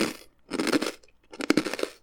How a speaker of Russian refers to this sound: Я наконец-то доем печенье в форме льва, которую взял с тарелки.